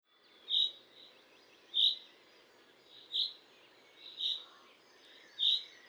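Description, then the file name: Common chaffinch with a loud, abrupt metallic call note repeated five times, a little over a second apart. "Fringilla coelebs"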